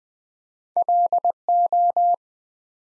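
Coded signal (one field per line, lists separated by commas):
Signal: Morse code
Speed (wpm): 20 wpm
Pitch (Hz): 700 Hz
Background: none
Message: LO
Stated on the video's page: Morse practice at 20 wpm, building four-letter words one letter at a time for instant character recognition training.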